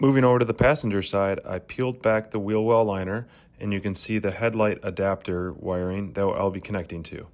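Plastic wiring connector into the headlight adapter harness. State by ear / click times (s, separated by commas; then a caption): not seated / none. On a Ford Bronco getting an LED Factory Mart trail marker install, the passenger-side wheel well liner is peeled back to reach the headlight adapter wiring, where a plastic wiring connector will plug into the headlight adapter harness. Throughout the clip, someone talks and no other distinct sounds stand out. Nothing has seated or clicked yet.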